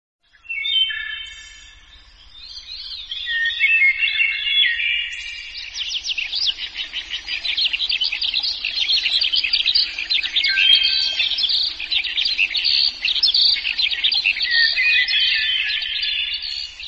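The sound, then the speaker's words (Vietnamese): A recording of a hwamei's song, played from a cassette player in a forest at dawn to lure birds, streams as a long, unbroken flow of rich, varied song, with rapid warbles, trills and whistled phrases tumbling over one another, loud and steady throughout, with no voices. “Chưa tới 5 giờ, trời đã sáng trưng, âm thanh líu lo của chim họa mi và âm tước từ máy cassette được phát ra dụ khị.”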